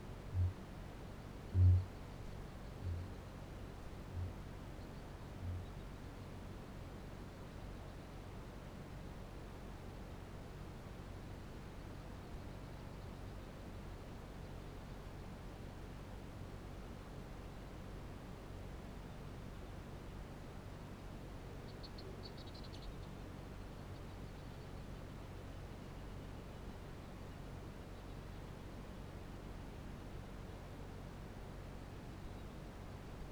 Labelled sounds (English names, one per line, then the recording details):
Kākāpō boom
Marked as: faintness 3/5, faintness 5/5
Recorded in New Zealand
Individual Barnard